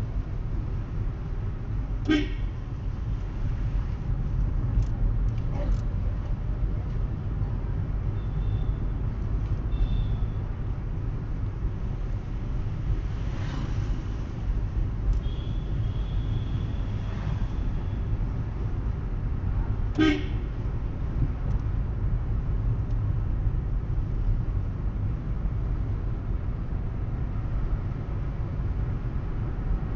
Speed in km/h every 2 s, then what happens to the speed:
25, 24, 26, 29, 30, 29, 29, 29, 30, 32, 30, 28, 30, 31, 32.
0-30 steady at about 29.